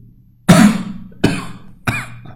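Three short, loud coughs in quick succession from an adult man with a cold, in a quiet room.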